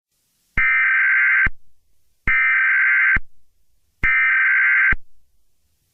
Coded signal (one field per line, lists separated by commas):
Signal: Emergency Alert System (SAME) tones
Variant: header bursts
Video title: EAS Scenario #22: Mickey Error 1 The Next Chapter